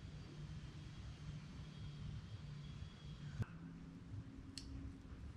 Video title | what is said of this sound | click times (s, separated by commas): Rebuilding a Erskin 6-Way Dozer Blade for John Deere | yep and i just heard it snap okay | 4.6 s